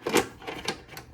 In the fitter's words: And it just snaps right in there.